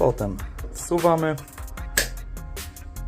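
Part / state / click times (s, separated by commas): side pannier mount onto motorcycle side rack / seated / 2.0 s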